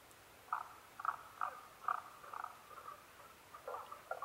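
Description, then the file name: Tago's brown frog calls: a steady run of short croaks roughly every half second, then softer, less regular notes. Recorded 15 May 2011 at 02:19. "tagogaeru-20110515-0219"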